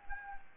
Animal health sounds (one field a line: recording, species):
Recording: mosquito wingbeat signal from an infrared sensor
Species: Anopheles gambiae